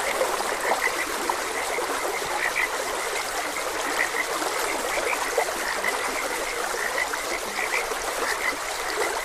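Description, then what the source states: Frogs giving quick repeated croaks against an even wash of running water. Frogs croaking beside a gentle stream.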